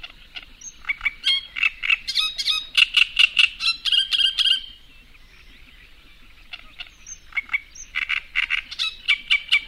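Great reed warbler singing harsh, grating repeated notes in two rhythmic bursts separated by a short quiet gap.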